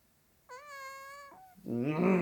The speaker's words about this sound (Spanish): ¡Uy! ¡Un gatito en la hierba!